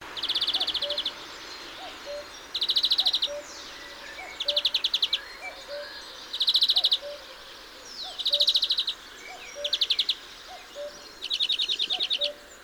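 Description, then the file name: European greenfinch gives short rapid trills of chirping notes roughly every two seconds, while faint low whistled notes from another bird run through the background. "Chloris chloris"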